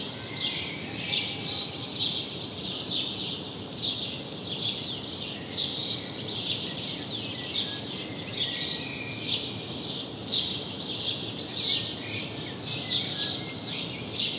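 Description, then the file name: House sparrow chatter: a steady stream of harsh chirps over a light background hiss. "Passer domesticus"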